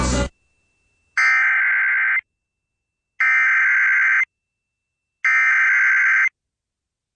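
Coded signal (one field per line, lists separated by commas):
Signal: Emergency Alert System (SAME) tones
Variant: header bursts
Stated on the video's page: Valid EAS tones from Evansville-area FM broadcast stations during severe weather, recorded on an iPad and on Windows 10.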